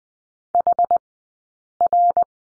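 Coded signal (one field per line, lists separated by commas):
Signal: Morse code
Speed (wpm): 20 wpm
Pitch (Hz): 700 Hz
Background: none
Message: HR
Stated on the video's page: Morse code course lesson on letter Y, Farnsworth spacing at 20/10 wpm.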